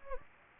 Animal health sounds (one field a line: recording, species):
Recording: mosquito wingbeat signal from an infrared sensor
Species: Anopheles gambiae